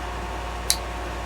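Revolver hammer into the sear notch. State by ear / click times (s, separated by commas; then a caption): seated / 0.7 s. During reassembly of a '51 percussion revolver, the hammer is pulled back so the sear engages its notches, and the hammer clicks into full cock. A single sharp, bright click at 0.7 s stands out against a steady low hum and hiss. The hammer is confirmed at full cock.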